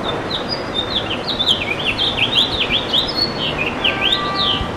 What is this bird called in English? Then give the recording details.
House Finch. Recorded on Long Island, New York, on 7 June 2012. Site GP. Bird A